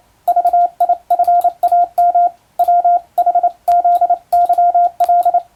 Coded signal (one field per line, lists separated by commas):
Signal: Morse code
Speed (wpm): 28 wpm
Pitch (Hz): 700 Hz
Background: radio noise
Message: VIFAM WHZYL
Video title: トンツーやってます！モールス符号を打ってみました！トン（短点）とツー（長点）の組み合わせで言葉になります。暗号を使うようでカッコいいかな？昭和に大流行しました morse code practice